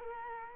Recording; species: mosquito wingbeat signal from an infrared sensor; Culex quinquefasciatus